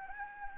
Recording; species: mosquito wingbeat signal from an infrared sensor; Anopheles gambiae